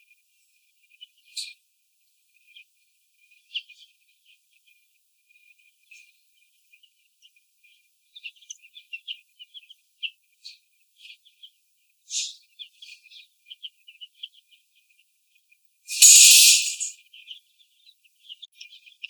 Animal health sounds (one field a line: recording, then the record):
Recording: young laying hens in a cage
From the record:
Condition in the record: after the stressor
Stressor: sudden umbrella opening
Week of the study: 2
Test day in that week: 1